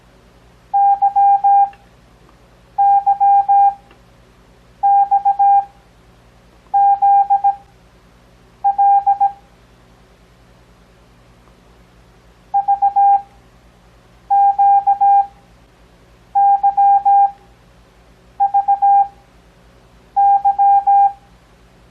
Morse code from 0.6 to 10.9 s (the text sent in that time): YYXZL